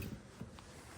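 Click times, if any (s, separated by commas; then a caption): 0.6 s. On a 2024 Nautique G23, a handle is pressed so it pops out, and the windshield's sliding air dam panel is pulled across into its locked position. Low rumbling fills the clip, then a brief, sharp latch click sounds at 0.6 s as the panel locks in place.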